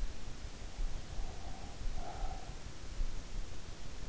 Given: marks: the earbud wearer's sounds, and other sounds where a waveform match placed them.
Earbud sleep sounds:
sounds in sleep by an in-ear microphone; breath
0.74-3.71 s: breath

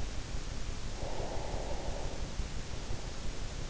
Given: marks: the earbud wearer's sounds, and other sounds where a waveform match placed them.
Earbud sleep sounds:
sounds in sleep by an in-ear microphone; breath
0.82-3.55 s: breath

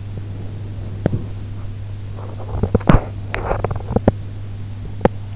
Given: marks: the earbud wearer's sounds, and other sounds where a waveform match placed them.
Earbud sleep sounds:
sounds in sleep by an in-ear microphone; teeth grinding
0.81-5.35 s: teeth grinding

